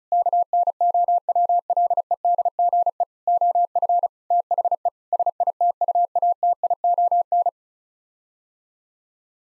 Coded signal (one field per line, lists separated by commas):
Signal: Morse code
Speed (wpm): 36 wpm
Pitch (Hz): 700 Hz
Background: none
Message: KNOWLEDGE OF THE SITUATION